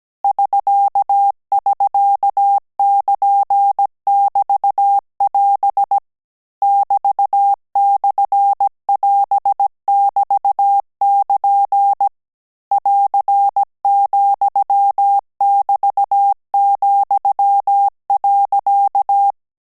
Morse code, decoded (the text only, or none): <SK><SK><KN><BT><AS> <BT>/<AS><BT><KN> <AR>,<BT>,.